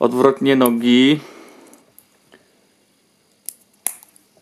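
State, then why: Seated. Someone talks briefly as plastic building-block minifigure legs, which had been on backwards, are refitted onto the figure's body. Faint small taps follow, then two sharp plastic clicks at 3.5 s and 3.9 s as the legs snap into place and are seated.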